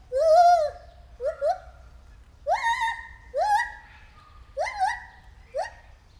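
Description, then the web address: White-handed gibbon hooting: a string of rising, arched notes, some in quick doubled pairs, with short pauses between. Captive animal at a zoo in Debrecen, recorded 2019 during a first encounter. "allathangok debrecenizoo 2019. feherkezu gibbon elsotalalkozasunk"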